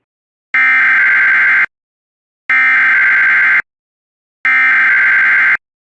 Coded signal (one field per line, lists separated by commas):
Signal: Emergency Alert System (SAME) tones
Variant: header bursts